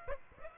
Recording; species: mosquito wingbeat signal from an infrared sensor; Aedes aegypti